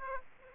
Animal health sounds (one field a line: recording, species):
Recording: mosquito wingbeat signal from an infrared sensor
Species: Aedes aegypti